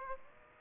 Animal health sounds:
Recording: mosquito wingbeat signal from an infrared sensor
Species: Aedes aegypti

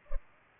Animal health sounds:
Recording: mosquito wingbeat signal from an infrared sensor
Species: Culex pipiens

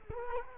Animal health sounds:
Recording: mosquito wingbeat signal from an infrared sensor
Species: Culex quinquefasciatus

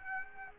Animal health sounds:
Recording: mosquito wingbeat signal from an infrared sensor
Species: Aedes aegypti

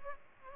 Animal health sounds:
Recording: mosquito wingbeat signal from an infrared sensor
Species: Culex pipiens

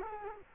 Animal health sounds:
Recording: mosquito wingbeat signal from an infrared sensor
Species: Culex quinquefasciatus

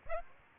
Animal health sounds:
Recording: mosquito wingbeat signal from an infrared sensor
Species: Aedes aegypti

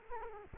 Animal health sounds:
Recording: mosquito wingbeat signal from an infrared sensor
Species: Culex quinquefasciatus

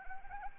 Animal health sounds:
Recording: mosquito wingbeat signal from an infrared sensor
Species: Anopheles arabiensis

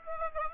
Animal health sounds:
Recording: mosquito wingbeat signal from an infrared sensor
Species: Aedes aegypti

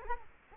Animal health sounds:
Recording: mosquito wingbeat signal from an infrared sensor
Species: Culex quinquefasciatus

